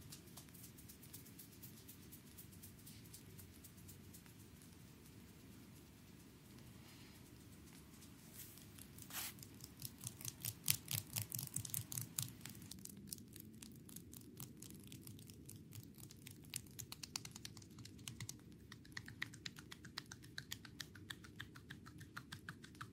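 A back and shoulder massage on a chair, heard as quick, dry taps and pats with a clicky, keyboard-like patter. The first seconds are sparse and soft, then from about nine seconds the tapping turns dense and brisk and keeps going over a steady low hum.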